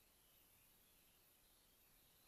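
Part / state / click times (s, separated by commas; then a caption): RAM module into laptop memory slot / not seated / none. A RAM module is lined up with its notch, about two thirds of the way along, and inserted at an angle into the memory slot of a 2011–2013 MacBook Pro before being pushed down. Only a steady, even broadband hiss is heard for the full 2.3 seconds. The module has not yet seated or clicked into place.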